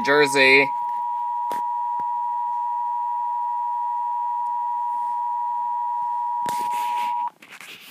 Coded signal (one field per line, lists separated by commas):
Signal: Emergency Alert System (SAME) tones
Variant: 853 and 960 Hz attention tone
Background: speech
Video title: EAS 795 SVR NWS Mt. Holly NJ